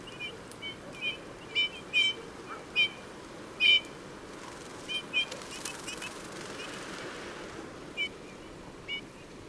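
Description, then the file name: Eurasian bullfinch calls: short, soft piping notes given singly or in pairs at irregular intervals, over a steady background hiss. "Pyrrhula pyrrhula"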